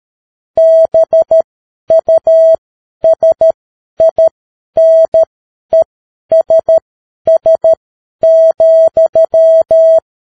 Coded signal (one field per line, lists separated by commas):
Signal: Morse code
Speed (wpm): 13 wpm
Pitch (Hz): 650 Hz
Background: none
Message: BUSINESS,